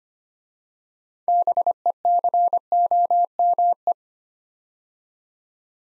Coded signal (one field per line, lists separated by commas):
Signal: Morse code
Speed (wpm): 25 wpm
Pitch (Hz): 700 Hz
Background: none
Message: BECOME